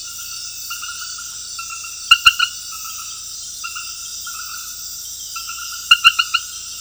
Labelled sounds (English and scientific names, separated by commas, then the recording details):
none
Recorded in secondary vegetation near Puerto Asís, Putumayo, Colombia, on 20 February 2024 at 01:00
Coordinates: 0.481, -76.323
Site G6376